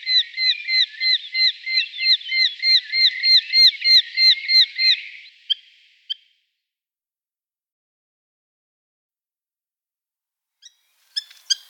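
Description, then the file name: Eurasian hobby giving a steady chattering run of quick, bouncy notes for five seconds, then silence and a few brief notes at the end. "Baumfalke"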